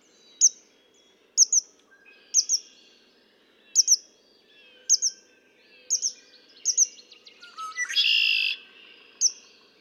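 Red-winged blackbird song: high paired notes repeat, then a short stuttered lead-in and a loud buzzy trill near the end, followed by one more high note.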